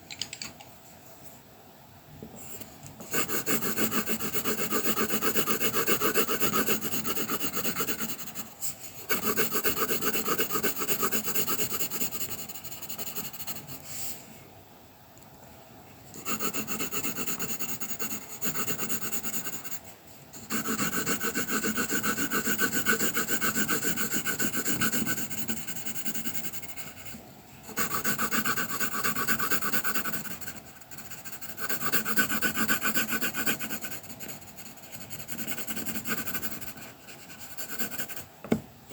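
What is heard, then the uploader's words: Colouring pencil work on paper: long runs of dense, scratchy rubbing strokes with a bright, papery grain. The strokes come in stretches of several seconds, broken by short quiet pauses every few seconds, where the pencil lifts and shifts. Sounds of colouring pencil work and paper massage. Sharpening colour pencils.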